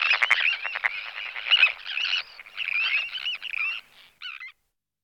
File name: Rybak severni Sterna sandvicensis